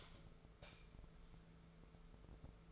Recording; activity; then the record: daily activity, microphone in the room; light off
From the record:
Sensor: 5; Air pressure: 1014.7 hPa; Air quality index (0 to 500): 155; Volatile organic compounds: 5 ppm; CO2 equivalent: 1711 ppm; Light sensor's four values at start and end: 79/192/78/83 and 77/184/75/80